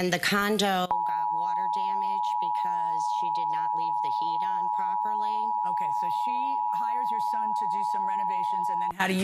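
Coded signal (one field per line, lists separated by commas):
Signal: Emergency Alert System (SAME) tones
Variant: 853 and 960 Hz attention tone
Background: speech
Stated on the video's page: National EAS test as aired on Miami and Orlando TV stations, plus a Wireless Emergency Alert received on a phone.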